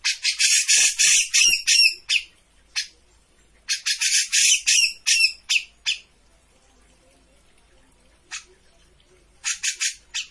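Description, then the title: Grey-cheeked bulbul uttering rasping chatter in two dense bursts, followed by scattered single notes and a short final flurry. Bird-training master of a persistently singing (gacor) bird. "Cucak Jenggot Gacor. Masteran burung cucak jenggot ! Suaka burung"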